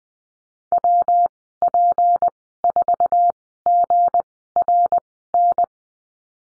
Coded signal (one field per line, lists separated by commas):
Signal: Morse code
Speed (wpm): 20 wpm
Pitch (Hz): 700 Hz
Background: none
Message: WP4GRN